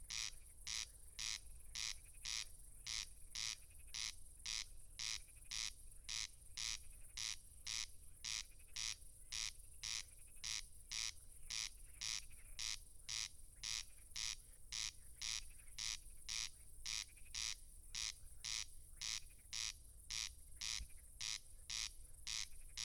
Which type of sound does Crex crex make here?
song